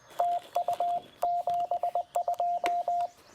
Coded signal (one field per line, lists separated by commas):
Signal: Morse code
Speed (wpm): 20 wpm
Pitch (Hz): 700 Hz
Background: radio noise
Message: TU 72